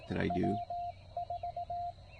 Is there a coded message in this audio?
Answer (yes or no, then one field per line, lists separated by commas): yes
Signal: Morse code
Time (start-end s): 0.3-1.9 s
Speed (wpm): 18 wpm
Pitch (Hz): 700 Hz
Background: speech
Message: W4